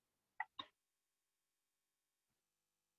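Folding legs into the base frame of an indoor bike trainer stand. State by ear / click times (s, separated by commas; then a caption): seated / 0.4 s, 0.6 s. The folding legs of an indoor bike trainer stand are opened out from its base frame and lock into place with two sharp clicks at 0.4 s and 0.6 s. Near silence follows for the rest of the clip. The legs are locked open.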